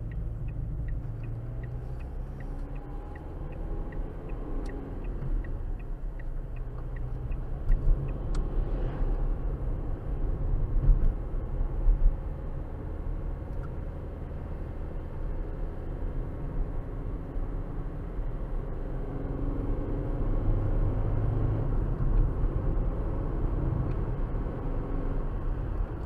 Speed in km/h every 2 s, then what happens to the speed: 27, 37, 44, 44, 50, 53, 56, 58, 61, 64, 74, 82, 89.
0-26 speeds up to 89.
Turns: none.